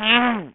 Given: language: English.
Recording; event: throat vibration sensor signal played as sound; throat clearing